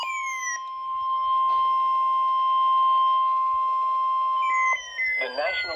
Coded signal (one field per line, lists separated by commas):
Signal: Emergency Alert System (SAME) tones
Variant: 1050 Hz attention tone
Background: speech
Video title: A WACKY STORMY TUESDAY!! | EAS Alerts from 7/22/26